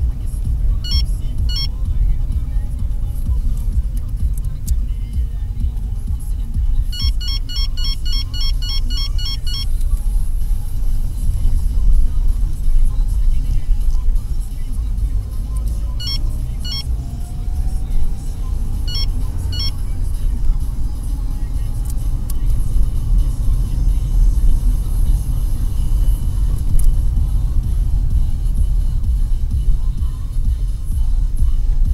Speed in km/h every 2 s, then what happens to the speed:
23, 21, 17, 13, 15, 16, 17, 18, 26, 33, 34, 35, 36, 32, 22, 17.
0-6 slows to 13. 6-13 steady at about 15. 13-18 speeds up to 33. 18-24 steady at about 34. 24-29 brakes to 17.